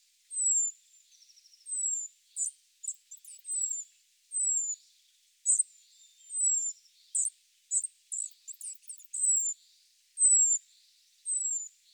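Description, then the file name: Spotted flycatcher calls: thin, very high whistles sliding downward, mixed with short sharp ticks and brief scratchy notes. Recorded in Sardinia. "GOBE MOUCHE GRIS ORIGINAL SARDE"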